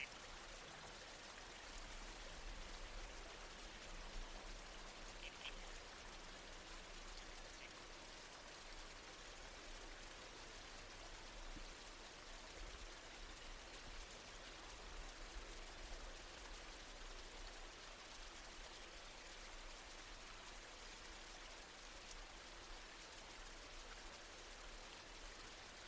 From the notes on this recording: the babbling creek… the whispered sway of trees in the wind